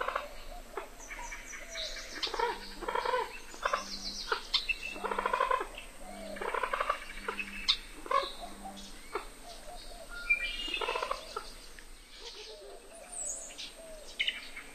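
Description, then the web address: Common moorhen giving a loose series of harsh clucks and squawky notes with chattering bursts, uneven and busy, plus a faint steady low hum throughout. "Songs of Birds of North America Stokes. Common Moorhen"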